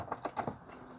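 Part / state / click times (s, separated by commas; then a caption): wiring connector into tail lamp bulb socket / not seated / none. An electrical connector is pushed onto the brake light bulb socket harness at the outer tail lamp of a 2007–2012 Hyundai Santa Fe. Four short, sharp handling taps land at about 0.1, 0.3, 0.4 and 0.5 s, then low background noise follows. Nothing has seated or clicked yet.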